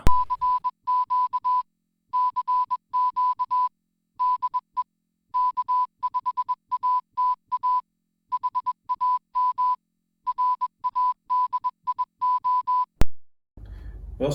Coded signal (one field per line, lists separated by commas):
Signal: Morse code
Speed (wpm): 21 wpm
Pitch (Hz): 1000 Hz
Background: music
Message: CQ CQ DE K5ATA HAM RADIO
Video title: Icom Radios Overview With Ray Novak ID4100 ID5100 IC705 IC7100 IC7300